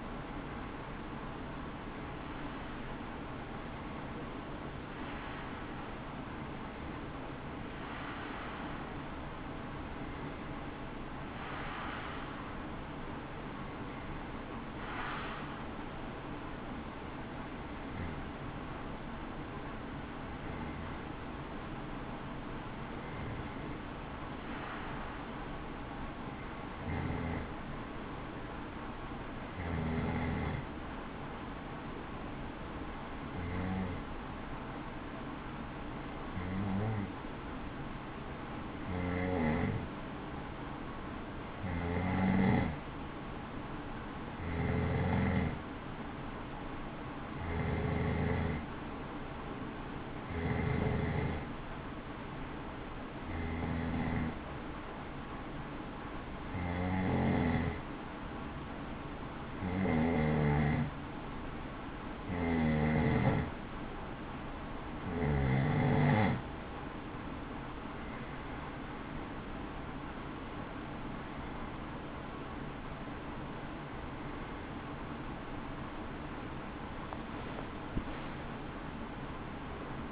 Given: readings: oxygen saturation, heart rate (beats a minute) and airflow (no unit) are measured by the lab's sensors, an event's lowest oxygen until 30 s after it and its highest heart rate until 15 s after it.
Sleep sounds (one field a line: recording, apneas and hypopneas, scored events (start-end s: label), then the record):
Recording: breathing in sleep by a voice recorder at the bedside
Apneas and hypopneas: 1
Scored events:
21.00-67.10 s: hypopnea (N2, oxygen 95% highest, then 90% lowest, heart rate 63 at the start, 71 highest)
73.00-80.12 s: new sleep stage, awake
From the record:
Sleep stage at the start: N2 (light sleep)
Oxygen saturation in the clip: 90 to 96%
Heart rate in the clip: 60 to 67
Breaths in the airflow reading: 26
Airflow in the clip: -13.1 to 10.2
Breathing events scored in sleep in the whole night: 216 in 7.0 hours asleep